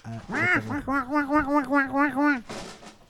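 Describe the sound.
A voice imitates Daffy Duck as a sound effect, starting with a couple of warbling honks and then a steady run of about six nasal, buzzy quacks, fairly loud, ending in a brief hiss of noise.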